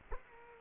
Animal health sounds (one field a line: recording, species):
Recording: mosquito wingbeat signal from an infrared sensor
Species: Culex quinquefasciatus